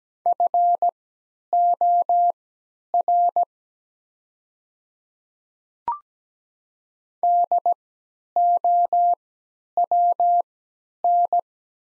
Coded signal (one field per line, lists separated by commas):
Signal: Morse code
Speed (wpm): 17 wpm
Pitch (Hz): 700 Hz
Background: none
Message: FOR DOWN